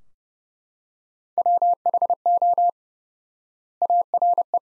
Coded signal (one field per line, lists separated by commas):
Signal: Morse code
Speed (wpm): 30 wpm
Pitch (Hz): 700 Hz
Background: none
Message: WHO ARE